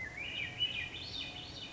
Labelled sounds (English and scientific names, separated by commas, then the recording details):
Swainson's Thrush (Catharus ustulatus)
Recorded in Sonoma County, California